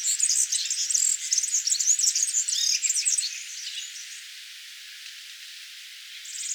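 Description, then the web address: European serin song: a rapid, high, jingling stream of buzzy, sizzling notes lasting about four seconds, then quiet, with a brief new burst at the very end. "vogelstimmen girlitz gesang nabu lars lachmann"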